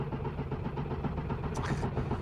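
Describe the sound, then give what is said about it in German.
A car engine cranks over and over without catching, a steady rhythmic low churning that never settles into a running idle, with a brief hiss near the end. “Ach, du hast gut reden, der Motor springt nicht an.”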